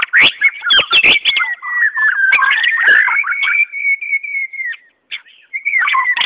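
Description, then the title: White-rumped Shama delivering scratchy bursts, then a long sweet whistled phrase that glides gently downward, followed by a short pause and renewed warbling. "murai batu"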